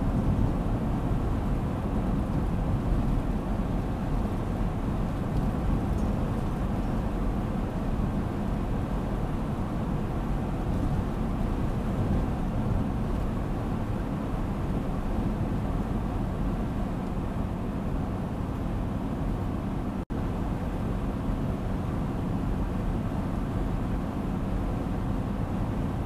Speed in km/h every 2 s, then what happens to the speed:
90, 91, 91, 91, 92, 90, 91, 92, 91, 89, 90, 90, 90.
0-26 steady at about 91.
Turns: none.